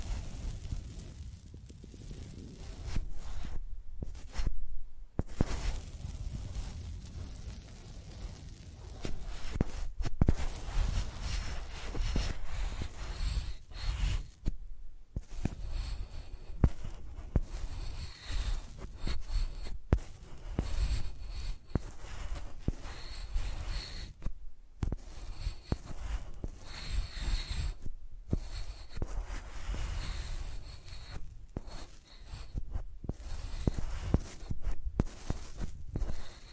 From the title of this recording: ASMR Using Mics as Pencils (No Talking)